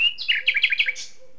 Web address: SETE data Luscinia megarhynchos